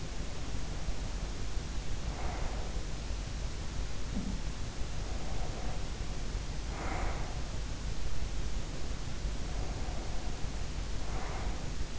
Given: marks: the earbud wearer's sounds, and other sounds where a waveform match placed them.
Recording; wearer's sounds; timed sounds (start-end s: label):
sounds in sleep by an in-ear microphone; breath
0.00-3.21 s: breath
4.73-7.88 s: breath
8.33-11.99 s: sound from someone else or the room
9.18-11.99 s: breath